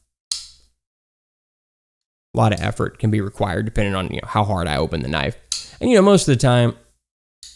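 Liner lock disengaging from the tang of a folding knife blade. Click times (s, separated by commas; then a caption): 0.3 s. A sharp snap at 0.3 s as the metal liner lock of a Terrain 365 P38-AT folding knife with a Terravantium blade is pushed back out with force and releases from the cut flat on the blade tang. It had bitten into that flat after the knife was opened forcefully in a hurry, which is put down to how Terravantium behaves. After a pause, someone talks, and another short sharp sound comes at 7.4 s.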